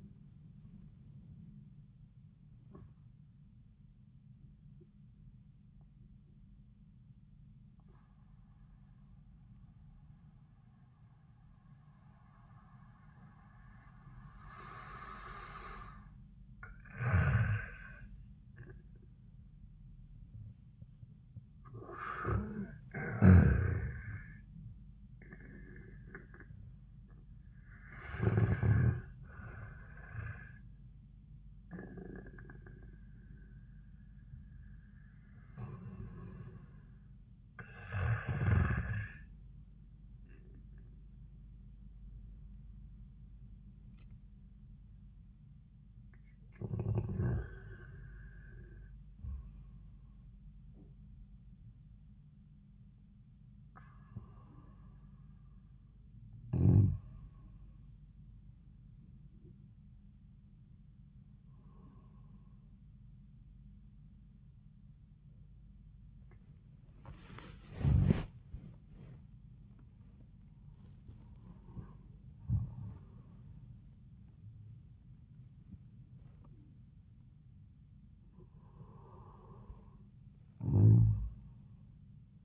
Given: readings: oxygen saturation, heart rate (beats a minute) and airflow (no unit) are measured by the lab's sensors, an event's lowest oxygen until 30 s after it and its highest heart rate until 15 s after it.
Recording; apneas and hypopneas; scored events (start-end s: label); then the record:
breathing in sleep by a smartphone at the bedside; 2
4.00-82.45 s: new sleep stage, N1 (lightest sleep)
5.00-20.80 s: obstructive apnea (N1, oxygen 69% highest, then 69% lowest, heart rate 91 at the start, 93 highest)
54.00-67.30 s: hypopnea (N1, oxygen 97% highest, then 94% lowest, heart rate 84 at the start, 93 highest)
From the record:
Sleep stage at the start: REM sleep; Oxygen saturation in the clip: 55 to 97%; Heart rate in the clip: 68 to 94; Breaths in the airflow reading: 9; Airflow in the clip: -5.6 to 7.6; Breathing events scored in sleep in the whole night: 400 in 8.7 hours asleep